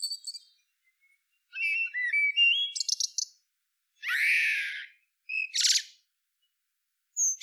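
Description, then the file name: Common blackbird giving a rising warbled phrase with high scratchy twitters, then a few further short bursts separated by pauses. "Turdus merula"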